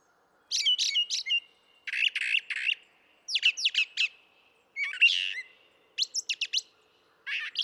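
Brown thrasher song, a series of short, harsh, clustered phrases every second or so, each a mix of buzzy and whistled notes, with short silences between.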